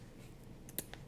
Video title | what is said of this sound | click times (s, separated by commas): How to Apply Rose Pins Using the Crystal Applicator Tool | you can hear a little click and that little click is actually the prongs of the rose pin | 0.8 s